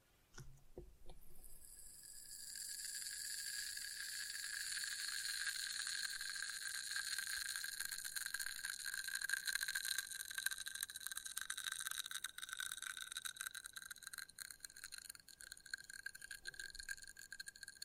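Test tubes are handled in a slow trigger sequence: a few light taps open it, then a steady, bright ringing tone rises within two seconds and holds to the end. From about ten seconds on, faint grainy crackles and scratches run underneath the ringing.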